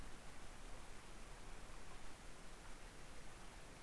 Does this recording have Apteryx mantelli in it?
no